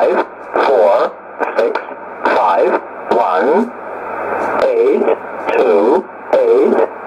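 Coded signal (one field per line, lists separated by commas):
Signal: numbers station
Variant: E07a, English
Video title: 09 02 2019 E07a English Man Numbers station in English to Eu 0925 on 12153 unknown tx site USB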